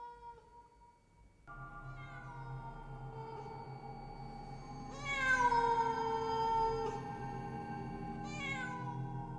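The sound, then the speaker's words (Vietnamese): A cat lets out long, drawn-out meowing wails that waver in pitch, then swell into a louder, shrill shriek before a final sharp cry near the end. “Ác linh rít lên the thé the thé. Vào trong tai của những thường nhân ở bên kia đang hoảng loạn, thì bọn họ nghe giống như là tiếng mèo đang kêu vậy.”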